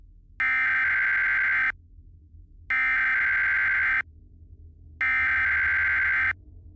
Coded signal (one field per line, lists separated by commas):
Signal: Emergency Alert System (SAME) tones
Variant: header bursts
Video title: EAS scenario - Las Vegas Enderman invasion (2016) - Part 1